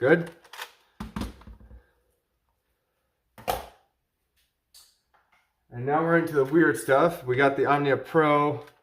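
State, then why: Not seated. A third-party Omnia Pro dart magazine is handled at the magwell of an Adventure Force Nexus Pro X foam dart blaster for a compatibility test, with short plastic knocks and rattles early on and another sharp knock near 3.4 s. Someone then talks over the end. Nothing has seated or clicked in yet.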